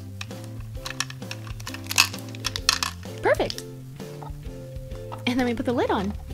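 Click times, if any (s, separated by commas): none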